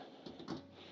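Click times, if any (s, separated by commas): none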